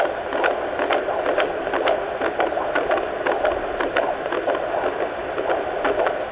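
A baby's heartbeat in the womb heard through a Doppler device.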